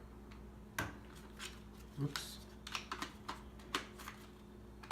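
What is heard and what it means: The first plastic wing of a Hasbro Star Wars: The Last Jedi Poe's Ski Speeder toy is handled against its slot on the vehicle body, producing a series of sharp plastic clicks and taps over a low steady hum while someone briefly talks. The wing has not snapped into place yet; nothing has seated or clicked home by the end of the clip.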